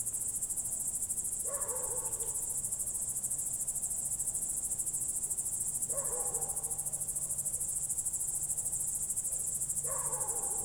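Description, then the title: Cricket: constant high pulsed chirring of crickets fills the night, joined by a lower descending call recurring about every four seconds. Night crickets outside the window, heard from bed late in the evening, Goworów, Poland, night of 18 July 2022, World Listening Day; recorded on Zoom F4 with AT BP4025. "Goworów 6, 57-515, Poland - World Listening Day/Night 18/07/2022-night crickets"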